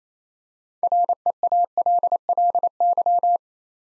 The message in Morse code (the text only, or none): REALLY